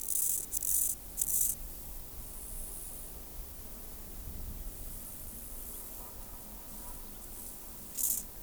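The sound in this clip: Chorthippus grasshopper song: short hissing, high-pitched bursts in a quick cluster of three at the start, then a lone burst near the end, over a low steady rumble.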